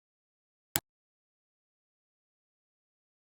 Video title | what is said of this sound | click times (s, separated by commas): How to Replace a Toyota Rav4 Key Fob Battery | angle the battery under the tabs and press down the other end until it snaps into place | 0.8 s